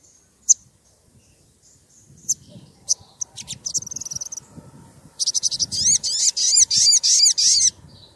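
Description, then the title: Oriental magpie-robin song: a few sharp high notes, then a loud run of rapid, repeated buzzy chattering phrases near the end, over a low rumbling background. Lively, actively singing (gacor) bird's song used as a lure to prompt other magpie-robins to answer. "Pancingan Suara Siulan Kacer Gacor Mantap Untuk Memancing Kacer Lain Agar Mau Nyaut Bunyi"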